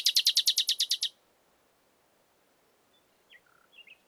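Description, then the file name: Common nightingale song: a rapid burst of about ten loud repeated notes, then silence with a few faint soft notes and light background hiss. "Luscinia megarhynchos"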